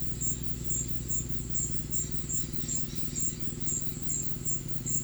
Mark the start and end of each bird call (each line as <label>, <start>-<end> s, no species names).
bird call, 1.98-5.03 s